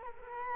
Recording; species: mosquito wingbeat signal from an infrared sensor; Culex quinquefasciatus